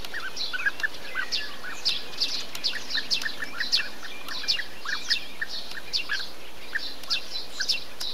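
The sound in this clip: Bee-eater calls, a quick run of short trilled notes, several per second, throughout.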